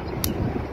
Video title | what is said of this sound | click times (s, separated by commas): How To Use Evenflo Pivot Xpand Convertible Baby Stroller | in you can hear the snap wanna hear the snap alright we | 0.2 s